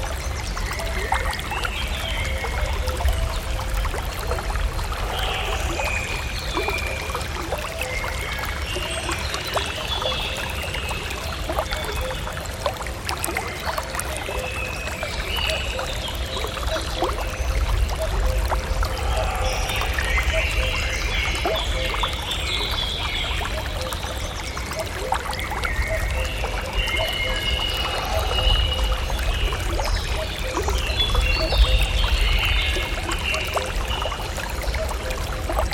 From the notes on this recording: A soundscape from the carefully balanced ecosystem that is one of Iveh's harmonic forests, beside a stream.